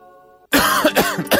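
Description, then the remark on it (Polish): A faint steady tone gives way to a harsh, loud fit of coughing, four or five rough hacking bursts in quick succession, with no talking. “Zwykle syropy są tylko na kaszel suchy albo tylko na mokry.”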